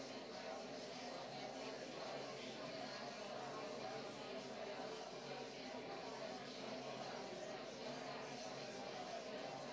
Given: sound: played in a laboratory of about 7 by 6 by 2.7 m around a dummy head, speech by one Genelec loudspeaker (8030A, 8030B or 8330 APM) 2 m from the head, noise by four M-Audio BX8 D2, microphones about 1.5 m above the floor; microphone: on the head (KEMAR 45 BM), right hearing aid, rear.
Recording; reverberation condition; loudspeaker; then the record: babble noise; medium; four, about 170 cm from the corners of the room and facing them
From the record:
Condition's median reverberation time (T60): about 510 ms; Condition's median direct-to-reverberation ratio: about -0.5 dB